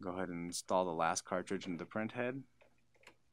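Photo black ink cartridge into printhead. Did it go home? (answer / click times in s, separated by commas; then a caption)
yes / 3.1 s. Someone talks while the last cartridge, the photo black ink cartridge, is pushed into the printhead of an HP Photosmart 7520 e-All-in-One printer. After the voice stops, a short, sharp click at 3.1 s marks the cartridge snapping into place, seated.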